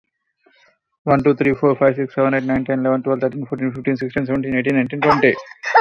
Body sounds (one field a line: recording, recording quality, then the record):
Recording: counting at a fast pace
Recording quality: excellent, no background noise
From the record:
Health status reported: exposed to COVID-19, no respiratory illness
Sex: male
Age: 32 years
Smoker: no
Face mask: not worn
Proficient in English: yes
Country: India